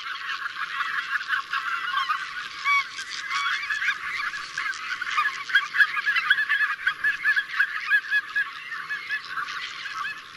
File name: Oca Lombardella